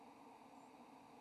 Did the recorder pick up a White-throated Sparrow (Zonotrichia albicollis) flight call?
yes